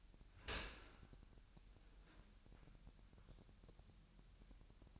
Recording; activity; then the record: daily activity, microphone in the room; open dishwasher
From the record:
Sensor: 2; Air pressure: 998.2 hPa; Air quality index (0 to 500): 147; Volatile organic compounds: 4 ppm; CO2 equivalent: 1660 ppm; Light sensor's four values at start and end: 10/30/12/11 and 10/30/12/11